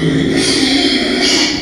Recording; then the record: squeal of a Yucatan mini pig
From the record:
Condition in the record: after surgery on the right vocal fold (resection and tissue-engineered implant); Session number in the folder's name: 2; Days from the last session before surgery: 13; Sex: male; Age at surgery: 12 weeks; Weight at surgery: 13 kg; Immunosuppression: cyclosporine, prednisolone